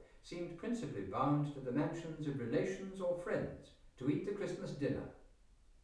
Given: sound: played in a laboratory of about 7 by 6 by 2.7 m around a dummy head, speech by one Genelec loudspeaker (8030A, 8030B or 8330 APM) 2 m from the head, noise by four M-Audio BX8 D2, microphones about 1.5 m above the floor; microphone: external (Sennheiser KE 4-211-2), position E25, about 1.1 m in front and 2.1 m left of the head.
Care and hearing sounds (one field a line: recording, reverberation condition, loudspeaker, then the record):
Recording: male speech in English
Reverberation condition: medium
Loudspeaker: 90 degrees to the right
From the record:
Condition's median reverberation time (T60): about 510 ms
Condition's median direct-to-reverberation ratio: about -0.5 dB